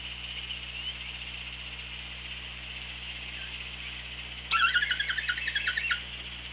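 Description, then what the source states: Killer whale call underwater: a pulsed, rasping burst lasting about a second and a half, over steady background hum. OrcaLab hydrophone, 24 August 2017.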